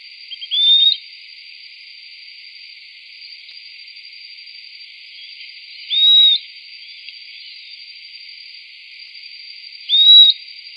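Bird calls with short upslurred whistles, three of them spaced roughly four to five and a half seconds apart, with faint soft chips between and constant background hiss.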